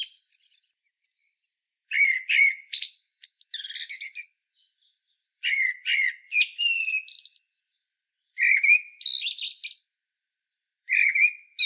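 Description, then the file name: Common blackbird song with rich warbled notes sliding into squeaky, chattering endings, several phrases spaced by short silences, no other sounds audible. "Turdus merula"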